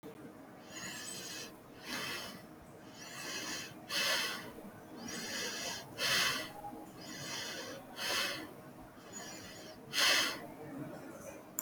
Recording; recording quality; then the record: shallow breathing; excellent, no background noise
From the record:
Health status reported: respiratory illness, not identified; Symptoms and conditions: cough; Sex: female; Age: 41 years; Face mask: worn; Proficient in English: yes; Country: India